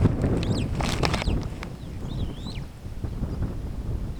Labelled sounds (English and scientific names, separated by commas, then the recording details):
Superb Starling (Lamprotornis superbus) flight call
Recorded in Kenya on 4 June 2010
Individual 19, of group CF2